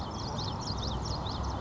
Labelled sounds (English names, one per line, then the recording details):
Common Yellowthroat
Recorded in Sonoma County, California